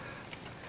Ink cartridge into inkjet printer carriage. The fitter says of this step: it seems like it's seating down in a place but it's not making that click sound these little plastic arms are supposed to make a click sound